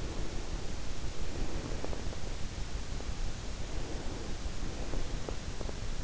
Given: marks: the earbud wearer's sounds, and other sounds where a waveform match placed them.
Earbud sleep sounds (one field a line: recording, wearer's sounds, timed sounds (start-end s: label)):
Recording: sounds in sleep by an in-ear microphone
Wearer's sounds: breath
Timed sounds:
0.00-2.42 s: breath
3.75-5.82 s: breath